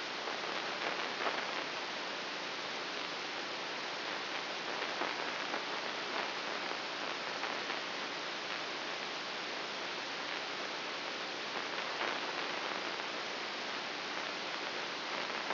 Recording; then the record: brain microelectrode recording played as sound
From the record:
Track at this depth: inside the subthalamic nucleus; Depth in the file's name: 2.004 mm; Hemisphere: right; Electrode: 3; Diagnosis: Parkinson's disease